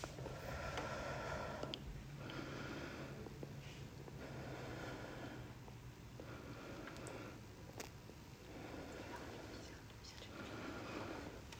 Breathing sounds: deep breathing after running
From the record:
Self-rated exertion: vigorous exertion (4 of 6); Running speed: 8 miles an hour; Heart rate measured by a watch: 109 beats a minute at the start, 107 at the end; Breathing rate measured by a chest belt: 22 breaths a minute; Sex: female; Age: 58 years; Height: 160 cm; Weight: 52 kg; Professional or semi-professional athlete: no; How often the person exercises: over 5 times a week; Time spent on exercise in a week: over 5 hours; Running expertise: no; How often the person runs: 3 to 5 times a week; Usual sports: running, swimming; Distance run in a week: 30 miles

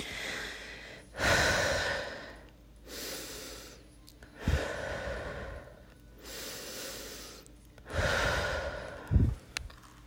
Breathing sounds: deep breathing after running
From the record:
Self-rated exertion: vigorous exertion (4 of 6); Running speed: 6 miles an hour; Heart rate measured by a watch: 132 beats a minute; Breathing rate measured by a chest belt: 19 breaths a minute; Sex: female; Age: 18 years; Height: 171 cm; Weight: 75 kg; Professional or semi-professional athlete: no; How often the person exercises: 1 to 2 times a week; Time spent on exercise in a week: under 1 hour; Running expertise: no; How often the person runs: 1 to 2 times a week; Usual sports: running, fencing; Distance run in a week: 3 km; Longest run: 21.3 km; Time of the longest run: 190 minutes

